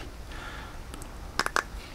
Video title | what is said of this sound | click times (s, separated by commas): The Porsche Group Build Starts Today! Ep.325 | it's it pops right in | 1.4 s, 1.6 s